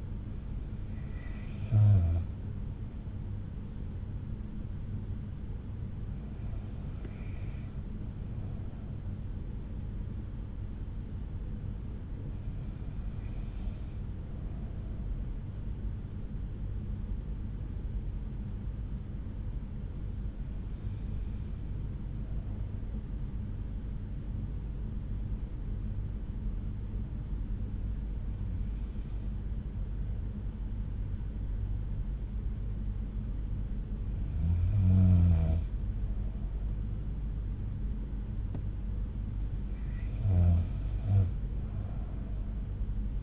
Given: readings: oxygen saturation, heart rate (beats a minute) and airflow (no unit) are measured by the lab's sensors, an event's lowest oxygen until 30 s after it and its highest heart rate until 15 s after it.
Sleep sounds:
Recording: breathing in sleep by a smartphone at the bedside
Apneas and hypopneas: 1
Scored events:
19.00-37.20 s: hypopnea (N2, oxygen 94% highest, then 91% lowest, heart rate 61 at the start, 66 highest)
From the record:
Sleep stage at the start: N2 (light sleep)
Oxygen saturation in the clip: 92 to 94%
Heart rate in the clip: 59 to 68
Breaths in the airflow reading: 8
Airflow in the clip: -7.3 to 5.7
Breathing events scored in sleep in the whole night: 368 in 8.0 hours asleep

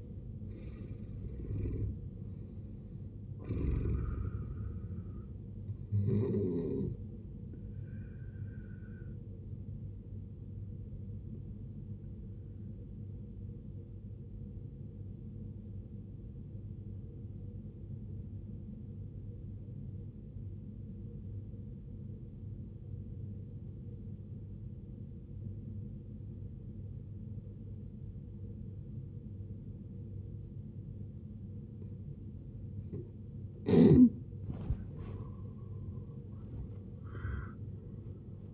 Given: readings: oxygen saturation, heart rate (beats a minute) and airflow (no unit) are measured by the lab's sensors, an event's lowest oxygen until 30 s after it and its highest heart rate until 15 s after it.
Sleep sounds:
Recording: breathing in sleep by a smartphone at the bedside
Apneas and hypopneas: 1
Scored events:
12.00-33.90 s: obstructive apnea (N1, oxygen 93% highest, then 75% lowest, heart rate 57 at the start, 91 highest)
From the record:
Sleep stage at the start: N1 (lightest sleep)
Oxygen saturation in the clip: 75 to 93%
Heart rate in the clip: 55 to 80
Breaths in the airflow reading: 5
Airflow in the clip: -14.7 to 15.3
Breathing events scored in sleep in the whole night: 389 in 6.3 hours asleep

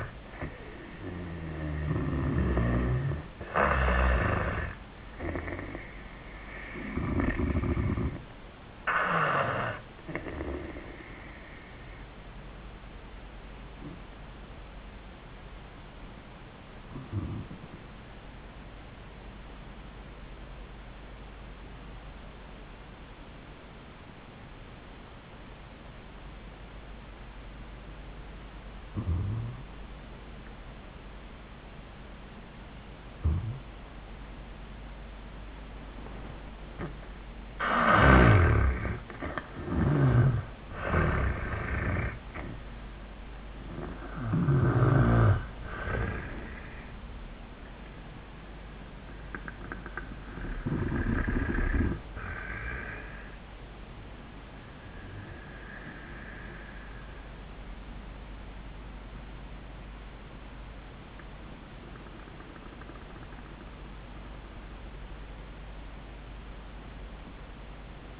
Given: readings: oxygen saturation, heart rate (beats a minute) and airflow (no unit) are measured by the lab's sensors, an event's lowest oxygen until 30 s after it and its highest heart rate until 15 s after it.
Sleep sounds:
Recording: breathing in sleep by a voice recorder at the bedside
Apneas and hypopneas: 1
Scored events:
3.00-63.00 s: new sleep stage, N1 (lightest sleep)
8.00-37.10 s: hypopnea (N1, oxygen 98% highest, then 79% lowest, heart rate 94 at the start, 94 highest)
63.00-68.20 s: new sleep stage, N2 (light sleep)
From the record:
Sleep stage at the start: N2 (light sleep)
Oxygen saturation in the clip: 76 to 98%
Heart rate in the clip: 74 to 96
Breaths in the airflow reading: 9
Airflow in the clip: -20.5 to 9.4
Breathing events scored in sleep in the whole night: 400 in 8.7 hours asleep

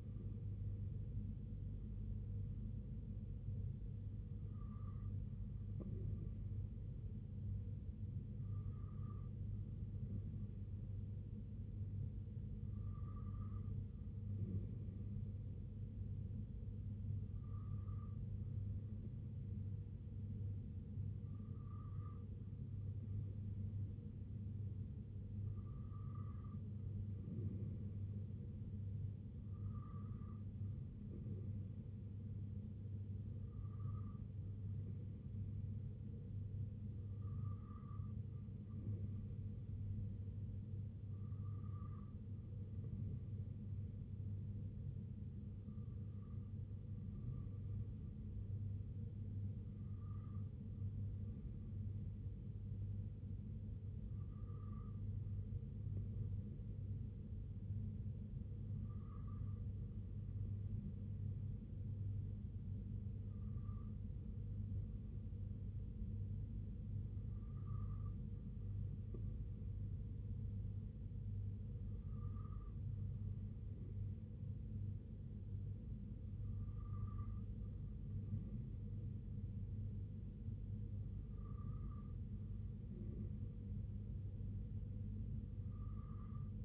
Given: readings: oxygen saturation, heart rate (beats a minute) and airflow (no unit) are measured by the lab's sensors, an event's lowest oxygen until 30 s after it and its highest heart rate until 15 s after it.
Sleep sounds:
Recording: breathing in sleep by a smartphone at the bedside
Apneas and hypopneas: none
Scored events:
7.00-86.65 s: new sleep stage, N3 (deep sleep)
From the record:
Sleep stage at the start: N2 (light sleep)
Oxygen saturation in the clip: 93%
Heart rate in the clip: 63 to 69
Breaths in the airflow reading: 19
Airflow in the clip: -2.7 to 1.8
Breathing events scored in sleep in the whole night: 258 in 7.4 hours asleep

